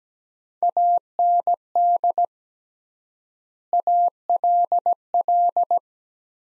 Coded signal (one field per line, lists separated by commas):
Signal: Morse code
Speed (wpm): 17 wpm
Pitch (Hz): 700 Hz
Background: none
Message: AND ALL